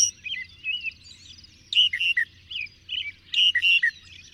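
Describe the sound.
Bird song, clear whistled notes in two short phrases, with quieter warbling birds in the background and a faint low hum.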